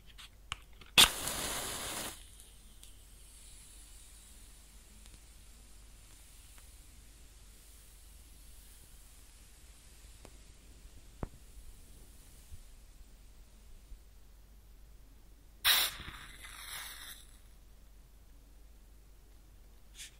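A match is struck with a sharp hiss near the start, then faint crackles over quiet, and a second strike-and-sizzle flares around sixteen seconds.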